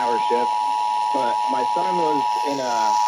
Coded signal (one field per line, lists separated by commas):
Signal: Emergency Alert System (SAME) tones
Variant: 853 and 960 Hz attention tone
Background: speech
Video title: [EAS #1838-#1844] Day 1 of Required Monthly Test Week